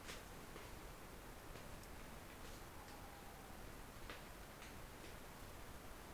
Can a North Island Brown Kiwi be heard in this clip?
no